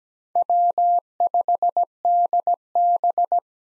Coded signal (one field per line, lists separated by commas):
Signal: Morse code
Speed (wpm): 17 wpm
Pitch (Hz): 700 Hz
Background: none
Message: W5DB